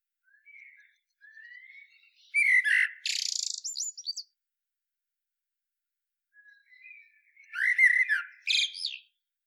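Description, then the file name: Common blackbird song: two phrases about six seconds apart, each opening with soft low warbling and ending in a louder, squeaky high twitter. No other sounds. "Turdus merula"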